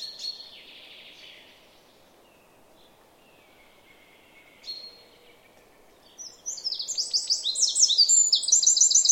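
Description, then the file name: Eurasian wren song bursts in after a quiet stretch, a rapid, high, tumbling series of trills and chattering phrases running to the end, with faint calls earlier. "Troglodytes troglodytes"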